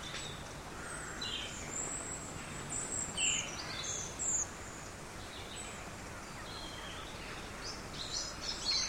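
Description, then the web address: Bird song: repeated high, piercing chirps and short twittered phrases through most, over continuous low background noise. Birds singing in an empty street of a big city. "canto de pajaros en una calle vacia de una gran ciudad"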